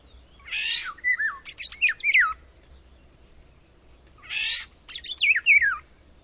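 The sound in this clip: Bird voicing two phrases about four seconds apart, each a harsh buzzy burst followed by quick, falling whistled notes.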